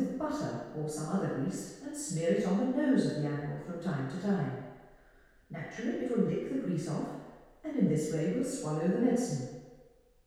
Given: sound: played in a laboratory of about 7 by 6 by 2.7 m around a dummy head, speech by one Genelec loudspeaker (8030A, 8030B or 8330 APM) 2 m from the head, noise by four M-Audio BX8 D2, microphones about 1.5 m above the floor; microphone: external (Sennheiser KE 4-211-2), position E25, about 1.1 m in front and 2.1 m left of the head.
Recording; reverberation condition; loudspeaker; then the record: female speech in English; high; 120 degrees to the left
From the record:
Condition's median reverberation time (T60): about 1300 ms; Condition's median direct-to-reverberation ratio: about -4.0 dB